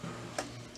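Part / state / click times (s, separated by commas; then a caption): imaging drum into colour laser printer / seated / 0.4 s. A new imaging drum is slid into its colour-labelled slot in a Xerox C400 colour laser printer and pressed firmly into place. A sharp click at 0.4 s marks it seating into position, followed by a fainter tick near 0.8 s over a low steady hum. The drum is seated.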